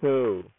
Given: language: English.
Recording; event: throat vibration sensor signal played as sound; speech